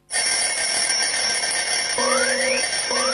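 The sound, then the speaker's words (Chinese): An alarm clock rings continuously in a loud, steady, high-pitched metallic buzz, joined near the end by two brief rising electronic tones. No voices are heard. “关上了闹钟，我伸一个懒腰，我要对全世界说一声早上好。”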